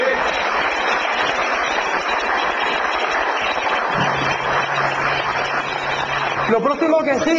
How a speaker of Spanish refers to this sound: ¿Se puede sentar, por favor? Un aplauso a esa gente poderosa.